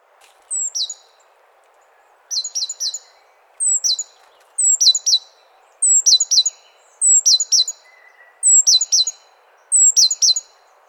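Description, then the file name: Great tit calling steadily, about eight short phrases of a thin whistle and two or three sharp notes, coming roughly every one and a half seconds. "Parus major"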